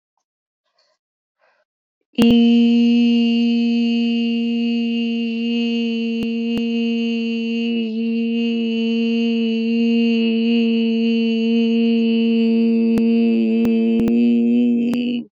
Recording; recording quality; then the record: sustained vowel as in beet; excellent, no background noise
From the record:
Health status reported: COVID-19 positive, mild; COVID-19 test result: positive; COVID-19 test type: RT-PCR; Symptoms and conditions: cold, sore throat, muscle pain, hypertension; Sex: female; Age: 52 years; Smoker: no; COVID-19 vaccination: both doses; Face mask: not worn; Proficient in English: yes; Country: India